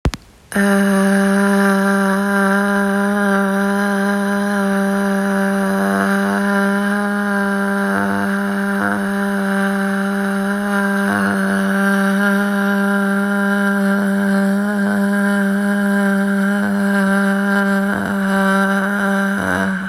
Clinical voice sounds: sustained vowel /a/; female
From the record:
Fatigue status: no fatigue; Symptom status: asymptomatic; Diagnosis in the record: COVID-19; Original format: m4a

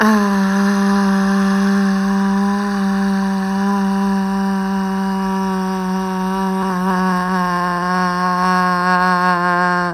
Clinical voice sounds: sustained vowel /a/; female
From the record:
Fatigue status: fatigue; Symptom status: symptomatic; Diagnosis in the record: COVID-19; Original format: m4a

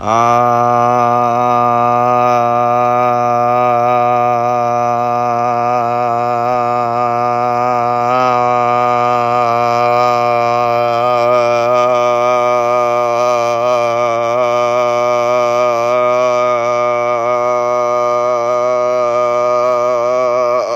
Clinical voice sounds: sustained vowel /a/; male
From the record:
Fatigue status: no fatigue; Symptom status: asymptomatic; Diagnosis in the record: COVID-19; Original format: m4a

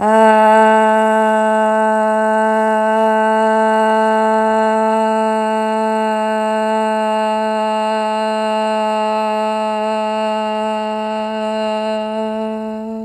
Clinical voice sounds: sustained vowel /a/; female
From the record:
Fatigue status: no fatigue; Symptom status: symptomatic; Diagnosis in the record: COVID-19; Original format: m4a

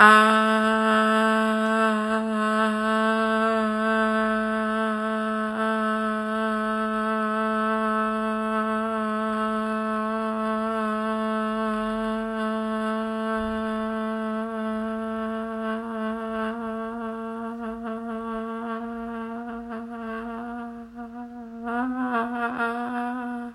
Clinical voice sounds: sustained vowel /a/; female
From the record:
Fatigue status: fatigue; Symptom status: symptomatic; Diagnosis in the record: COVID-19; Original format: m4a

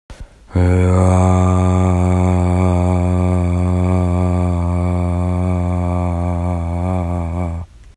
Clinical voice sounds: sustained vowel /a/; female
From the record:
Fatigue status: no fatigue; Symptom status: asymptomatic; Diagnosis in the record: COVID-19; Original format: m4a

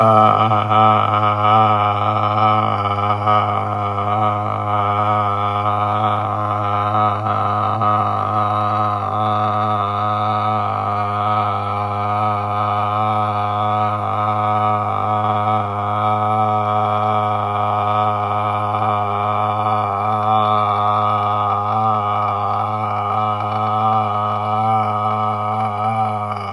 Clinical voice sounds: sustained vowel /a/; male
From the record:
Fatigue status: no fatigue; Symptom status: asymptomatic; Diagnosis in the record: COVID-19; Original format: m4a

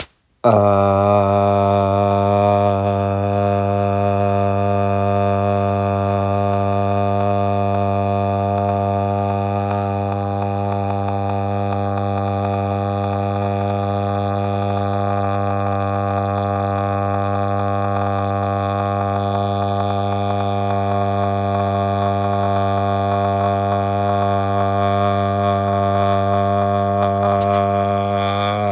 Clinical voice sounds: sustained vowel /a/; male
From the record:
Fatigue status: no fatigue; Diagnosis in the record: COVID-19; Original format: m4a

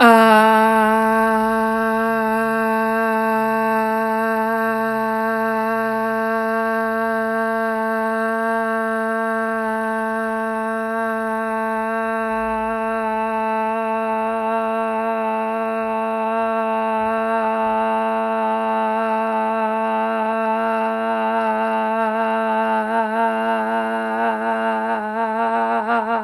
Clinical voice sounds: sustained vowel /a/; female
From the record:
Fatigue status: no fatigue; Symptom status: symptomatic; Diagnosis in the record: COVID-19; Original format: m4a

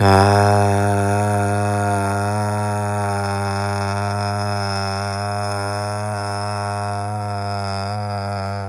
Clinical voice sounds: sustained vowel /a/; male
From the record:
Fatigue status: no fatigue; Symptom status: asymptomatic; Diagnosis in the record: COVID-19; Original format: m4a

